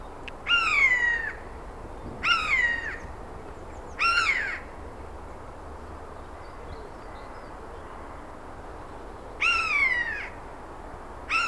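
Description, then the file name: Eurasian jay calls: five drawn-out, harmonic, downward-sliding mewing notes, the first three about two seconds apart, then a pause before two more, over faint steady background hiss. "Garrulus glandarius"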